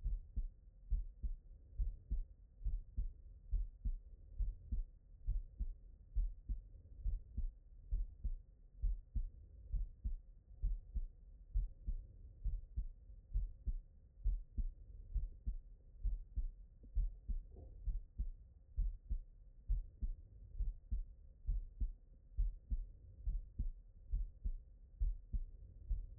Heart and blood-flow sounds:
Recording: heart sounds by stethoscope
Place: tricuspid valve (TV)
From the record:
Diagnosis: non-HFrEF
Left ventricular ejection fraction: 63%

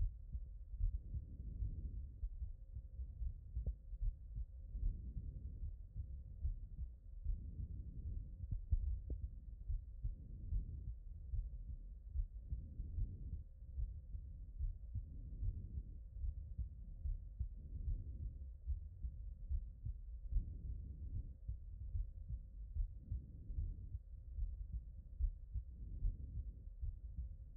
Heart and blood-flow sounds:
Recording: heart sounds by stethoscope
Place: tricuspid valve (TV)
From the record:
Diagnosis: non-HFrEF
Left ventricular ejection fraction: 56%

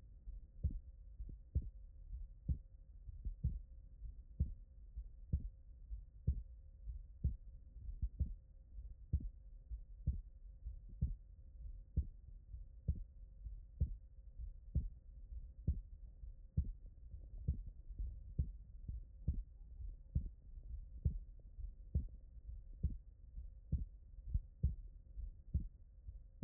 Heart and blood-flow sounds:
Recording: heart sounds by stethoscope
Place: tricuspid valve (TV)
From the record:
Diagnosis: non-HFrEF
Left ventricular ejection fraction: 60%

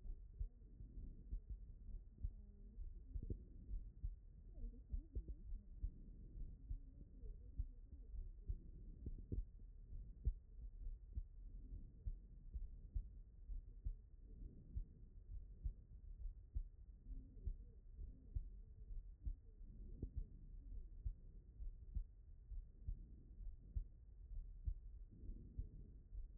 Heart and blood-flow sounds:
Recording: heart sounds by stethoscope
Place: pulmonary valve (PV)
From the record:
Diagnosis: non-HFrEF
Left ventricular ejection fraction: 65%

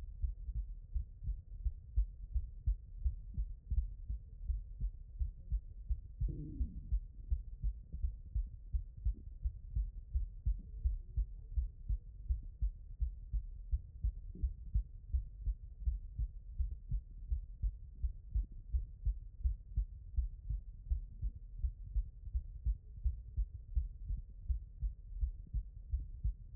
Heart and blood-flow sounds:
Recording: heart sounds by stethoscope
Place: mitral valve (MV)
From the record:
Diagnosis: non-HFrEF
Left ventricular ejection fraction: 58%

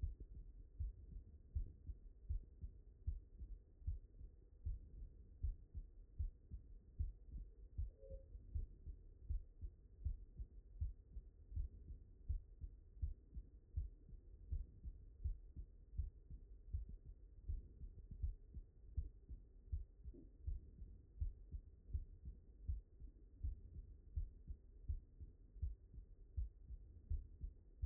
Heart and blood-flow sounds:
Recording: heart sounds by stethoscope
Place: mitral valve (MV)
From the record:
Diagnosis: non-HFrEF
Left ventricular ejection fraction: 67%

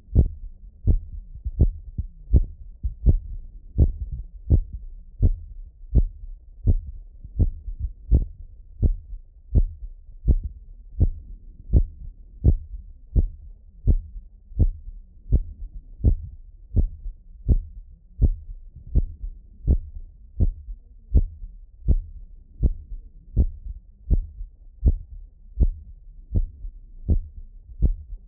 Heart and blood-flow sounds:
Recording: heart sounds by stethoscope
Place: tricuspid valve (TV)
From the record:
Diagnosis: non-HFrEF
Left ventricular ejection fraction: 59%

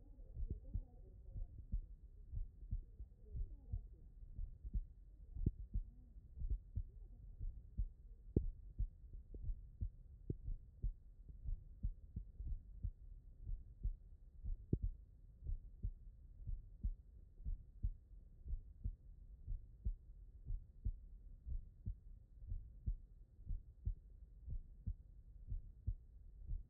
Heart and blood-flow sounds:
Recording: heart sounds by stethoscope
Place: tricuspid valve (TV)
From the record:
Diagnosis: non-HFrEF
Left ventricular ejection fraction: 68%

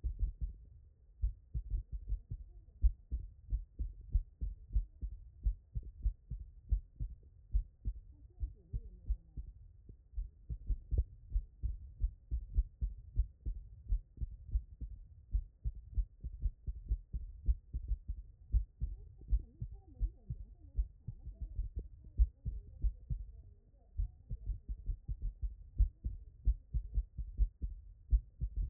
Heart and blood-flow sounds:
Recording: heart sounds by stethoscope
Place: tricuspid valve (TV)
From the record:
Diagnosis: non-HFrEF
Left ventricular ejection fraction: 50%

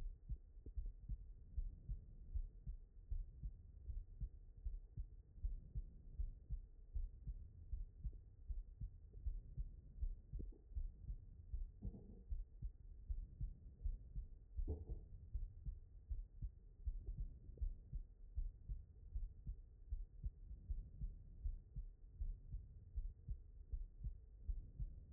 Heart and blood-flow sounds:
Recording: heart sounds by stethoscope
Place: aortic valve (AV)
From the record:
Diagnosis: non-HFrEF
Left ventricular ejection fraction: 58%

